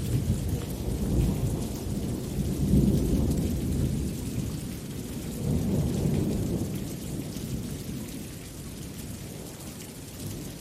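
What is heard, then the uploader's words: Steady rain hisses throughout while deep rolling thunder rumbles underneath, swelling around the third and sixth seconds before easing off. The low rumble never fully stops, and the rain's dense patter stays even across the whole stretch. THUNDER & RAIN. Rain, thunder, lightning, rolling thunder. Rainfall, raindrops, storm, rainstorm.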